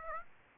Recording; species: mosquito wingbeat signal from an infrared sensor; Aedes aegypti